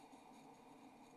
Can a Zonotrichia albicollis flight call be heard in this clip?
no